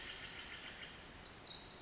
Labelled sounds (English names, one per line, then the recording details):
Pacific Wren
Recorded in Sonoma County, California